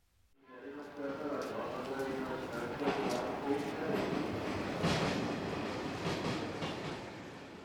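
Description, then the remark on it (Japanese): A train rolls steadily along the rails, its loud rumbling roar layered with rhythmic clattering of wheels over track joints, starting abruptly and holding strong for several seconds. “すいません、今の電車に忘れ物をしてしまったんですが。”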